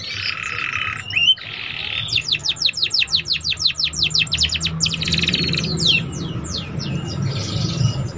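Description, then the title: Belgian canary song: a fast series of repeated sweeping chirps, then buzzy rolled trills and downslurred notes, over a low hum. Canary song to warm up young canaries and stimulate them to start singing quickly and chatter. "Canto Para Esquentar Canário Belga. SUARA KENARI PAUD CUIT CUIT BELAJAR BUNYI - pancingan kenari paud muda agar cepat bunyi dan ngeriwik"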